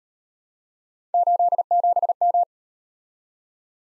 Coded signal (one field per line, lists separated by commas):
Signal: Morse code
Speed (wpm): 38 wpm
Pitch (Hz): 700 Hz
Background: none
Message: 87M